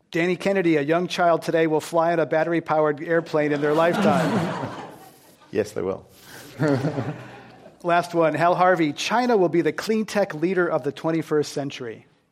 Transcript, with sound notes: Danny Kennedy, a young child today will fly a battery powered airplane in their lifetime.
[Laughter]
Yes, they will.
Last one, Hal Harvey, China will be the clean tech leader of the 21st Century.